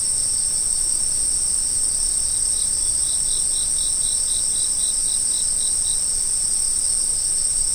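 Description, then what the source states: Insects calling, a continuous very high shrill drone with a series of short pulsed chirps joining midway, over a low hiss. Autumn insects.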